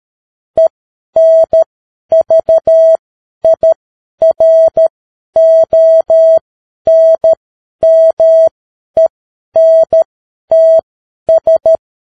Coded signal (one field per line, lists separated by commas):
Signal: Morse code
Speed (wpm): 13 wpm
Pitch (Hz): 650 Hz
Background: none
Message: ENVIRONMENTS